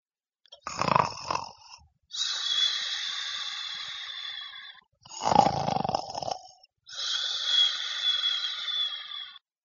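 Two full breath cycles, about 13 a minute, from a sleeping adult. Each has a short, rattling, fluttering snore on the in-breath, then a long, airy, slightly whistling out-breath. This is ordinary snoring.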